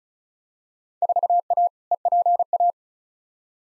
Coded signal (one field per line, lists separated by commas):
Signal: Morse code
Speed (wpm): 36 wpm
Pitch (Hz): 700 Hz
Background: none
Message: 4A EPA